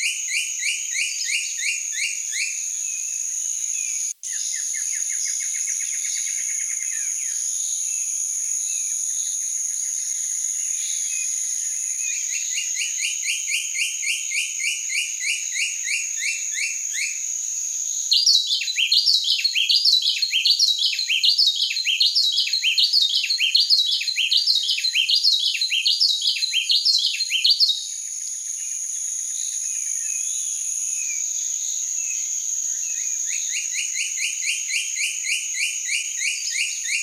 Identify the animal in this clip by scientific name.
Henicorhina leucosticta